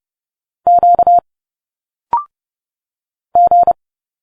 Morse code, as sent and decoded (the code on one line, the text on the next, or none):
--.- / --.
Q G